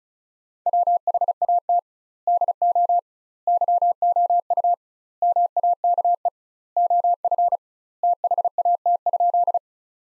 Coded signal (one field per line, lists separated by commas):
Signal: Morse code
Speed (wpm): 36 wpm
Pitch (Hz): 700 Hz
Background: none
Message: WHAT DO YOU MAKE OF THAT?